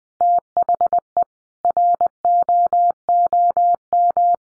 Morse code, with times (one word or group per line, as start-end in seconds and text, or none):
0.2-1.2 THE
1.6-4.3 ROOM